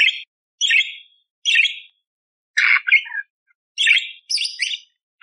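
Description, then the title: Budgerigar calling with a series of short raspy chirps, some doubled. Loud, clear, active (gacor) chirping with rough 'tembakan kasar' phrases; one-hour masteran training recording suited to training magpie robins (kacer). "Masteran Burung Parkit Gacor Jernih Full Isian Tembakan Kasar Cocok Buat Kacer"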